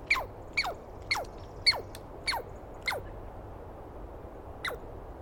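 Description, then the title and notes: Douglas squirrel screaming loud, quick falling squeals in a rapid series of seven, about two per second, then a brief gap before the last. Heard at dawn on 21 April 2017 in the East Cascades; a screaming squirrel calling at length during the recordist's morning recording session. "Interview With The Chipmunk. On the morning of 21 April, 2017, I set up my microphones and recorder for a nice dawn recording in the East Cascades. I was started awake by a screaming Douglas Pine Squirrel"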